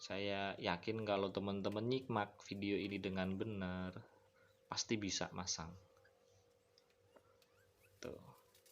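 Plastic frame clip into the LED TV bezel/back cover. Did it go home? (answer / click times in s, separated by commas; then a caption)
no / none. While an LED TV is reassembled after a screen replacement, a plastic frame clip is handled at the TV's bezel and back cover. Someone talks for most of the clip, with faint handling noises in the quieter stretch. Nothing has seated or clicked yet.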